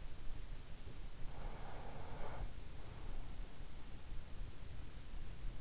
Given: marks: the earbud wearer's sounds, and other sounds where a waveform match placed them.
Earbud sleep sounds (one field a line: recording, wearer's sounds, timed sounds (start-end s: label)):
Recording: sounds in sleep by an in-ear microphone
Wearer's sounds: breath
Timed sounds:
0.86-2.72 s: breath